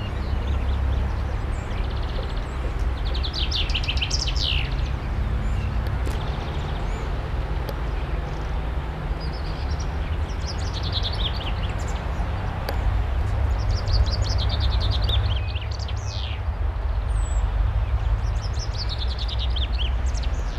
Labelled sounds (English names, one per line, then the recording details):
Common Chaffinch song
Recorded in the wild
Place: Oberstdorf, DE
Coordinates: 47.4103, 10.2797
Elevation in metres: 809
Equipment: Uher 4000 Report
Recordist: Tretzel, Erwin